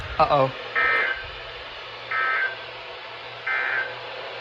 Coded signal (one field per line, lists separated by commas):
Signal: Emergency Alert System (SAME) tones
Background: speech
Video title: It Just NEVER ENDS | Winter Storm Alerts from 1/4/25 (EAS #1460 - 1464)